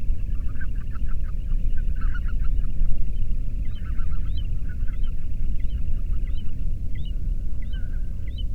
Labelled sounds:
waterfowl
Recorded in the Prudhoe Bay oil fields, Alaska, on 13 June 2019 at 00:34
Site 30

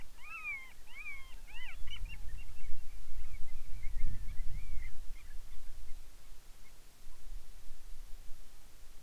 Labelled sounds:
bird
wind
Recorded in the Arctic National Wildlife Refuge, Alaska, on 10 July 2019 at 18:49
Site 44

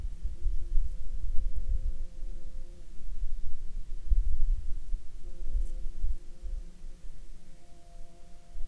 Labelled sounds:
insects
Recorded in Ivvavik National Park, Yukon, on 25 June 2019 at 15:39
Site SINP09

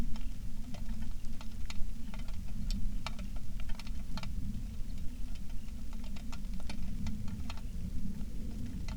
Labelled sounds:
songbird
wind
rain
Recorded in the Prudhoe Bay oil fields, Alaska, on 27 July 2019 at 18:12
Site 19

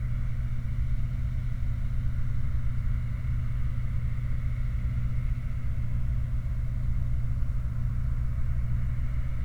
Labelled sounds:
machinery
flare stack
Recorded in the Prudhoe Bay oil fields, Alaska, on 29 July 2019 at 04:14
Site 29

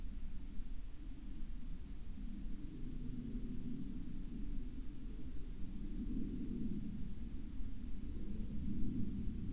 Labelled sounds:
aircraft
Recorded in the Arctic National Wildlife Refuge, Alaska, on 7 May 2019 at 09:57
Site 35

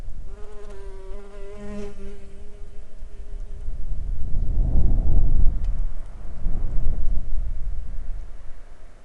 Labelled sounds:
insects
weather or water
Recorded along the Dempster Highway, Canada, on 20 August 2020 at 08:04
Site 17

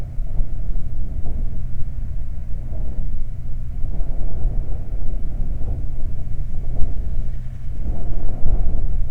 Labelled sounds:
wind
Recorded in the Prudhoe Bay oil fields, Alaska, on 12 July 2019 at 00:06
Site 29

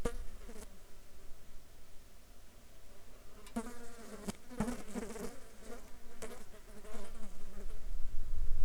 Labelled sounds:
insects
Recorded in the Arctic National Wildlife Refuge, Alaska, on 7 July 2019 at 18:51
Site 35

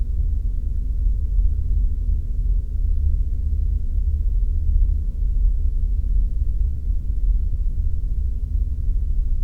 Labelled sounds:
machinery
flare stack
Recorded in the Arctic National Wildlife Refuge, Alaska, on 4 September 2019 at 20:20
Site 35

